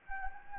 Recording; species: mosquito wingbeat signal from an infrared sensor; Anopheles gambiae